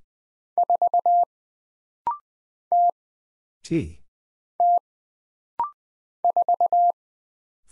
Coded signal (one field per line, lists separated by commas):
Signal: Morse code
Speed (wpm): 20 wpm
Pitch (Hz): 700 Hz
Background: none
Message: 4 T T 4